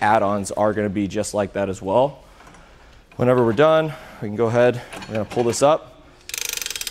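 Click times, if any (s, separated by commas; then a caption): 6.4 s, 6.5 s, 6.6 s, 6.7 s. Someone talks, then the ratcheting wheel hold arm on the tray of a hitch-mounted Kuat Piston Pro X bike rack for 2 bikes, fitted to a 2022 Toyota Tundra, is pulled down onto the bike tire. It gives a quick series of ratchet clicks at 6.4, 6.5, 6.6, 6.6, 6.7 and 6.7 seconds. The clicking means the arm has ratcheted down and locked, so it will stay down.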